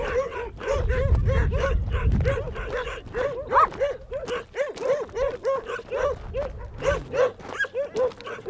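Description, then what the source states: Dogs barking rapidly and continuously, a dense train of short arched barks, with a low rumbling noise underneath during the first seconds. Several dogs heard while walking through them, on Spetses.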